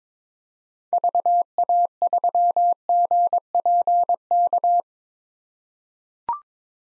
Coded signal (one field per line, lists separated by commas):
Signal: Morse code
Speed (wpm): 22 wpm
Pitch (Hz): 700 Hz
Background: none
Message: VA3GPK